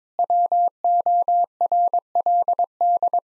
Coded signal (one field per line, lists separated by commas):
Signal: Morse code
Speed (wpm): 21 wpm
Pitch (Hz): 700 Hz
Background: none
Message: WORLD